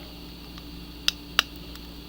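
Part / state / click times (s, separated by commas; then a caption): plastic building brick onto another brick / seated / 1.1 s, 1.4 s. Plastic Lego bricks are pressed onto one another while building a ramp. Two sharp clicks are heard at 1.1 s and 1.4 s over a low steady background, with a faint tick near 0.6 s. The bricks snap together and are seated.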